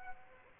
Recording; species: mosquito wingbeat signal from an infrared sensor; Aedes aegypti